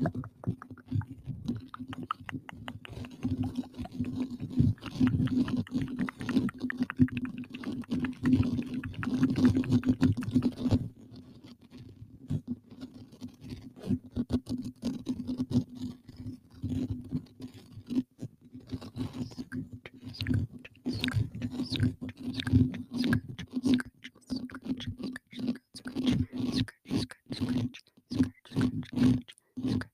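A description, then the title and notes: Fast, aggressive scratching right against a microphone, a dense stream of sharp crackles and rubs over a steady low hum. The scratching is thickest in the first ten seconds, then breaks into separate bursts, with some wet mouth sounds mixed in. Fast and aggressive microphone scratching with some mouth sounds. Mic scratching.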